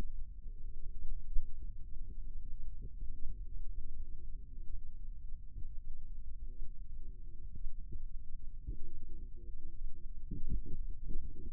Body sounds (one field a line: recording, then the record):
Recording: forearm muscle sounds (acoustic myography)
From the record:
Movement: rest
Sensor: system 2, bracelet of six BSWA MPA416 microphones around the upper forearm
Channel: 5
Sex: male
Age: 22 years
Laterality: right